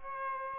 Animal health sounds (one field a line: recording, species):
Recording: mosquito wingbeat signal from an infrared sensor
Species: Aedes aegypti